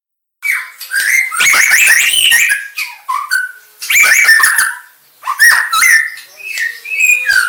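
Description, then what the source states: White-rumped shama song in bursts of varied whistled and chattering phrases separated by short silences, with a soft steady tone underneath toward the end. Aceh variety of white-rumped shama.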